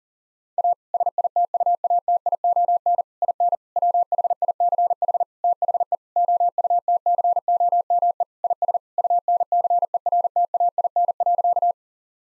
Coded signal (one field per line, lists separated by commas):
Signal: Morse code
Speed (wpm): 37 wpm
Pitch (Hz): 700 Hz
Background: none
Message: A SITUATION IN WHICH THE OUTCOME IS UNCERTAIN.